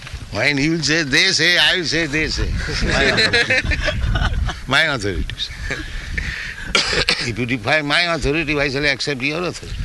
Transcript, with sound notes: When you'll say "They say," I'll say "They say," [laughter] my authorities. My authorities. If you defy my authority, why shall I accept your authority?